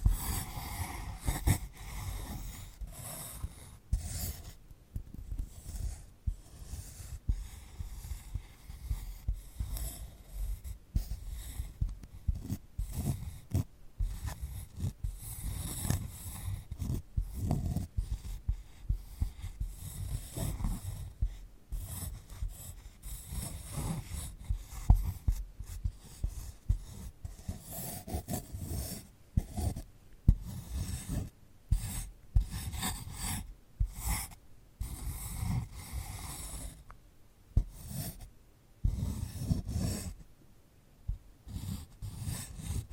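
Fingers rub, scratch and pick at a dried sunflower head, making dense, crackly rasping with soft low thumps underneath. The scratching comes in quick irregular bursts for the whole 43 seconds, broken by brief near-silent gaps around 5, 37 and 41 seconds.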